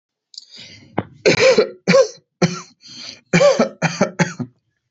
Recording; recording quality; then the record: heavy voluntary cough; excellent, no background noise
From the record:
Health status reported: healthy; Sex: male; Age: 25 years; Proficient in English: yes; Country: India